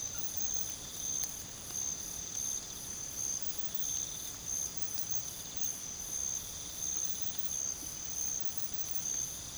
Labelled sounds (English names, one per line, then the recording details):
none
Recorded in pastures near Puerto Asís, Putumayo, Colombia, on 8 March 2025 at 04:30
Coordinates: 0.486, -76.323
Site G075